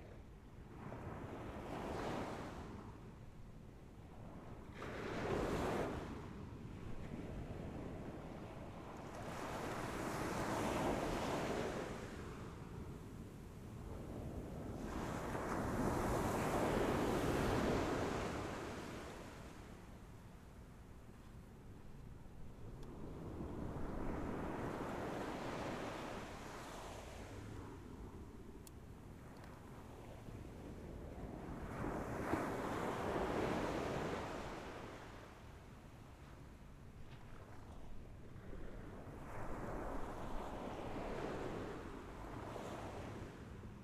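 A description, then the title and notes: Ocean waves break and wash in with a deep, rushing roar, swelling and fading in slow surges every several seconds, loudest around 10, 16 and 33 seconds. Wind buffets steadily underneath, and the surf sounds full throughout. Ocean waves breaking in the Marina District.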